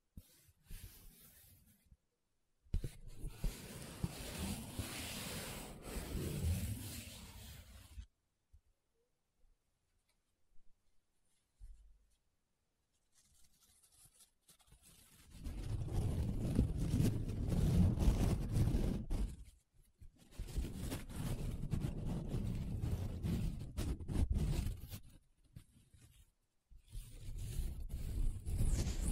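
Paper being rubbed and scratched in long, dense strokes of rough, hissing friction, with silent gaps between passes. One sustained rubbing pass runs from about 3 to 8 seconds, then sparse ticks, and longer steady bursts return after 15 seconds.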